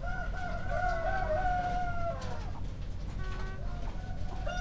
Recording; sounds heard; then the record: poultry house recording; sick chickens (respiratory disease)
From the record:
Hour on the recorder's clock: 2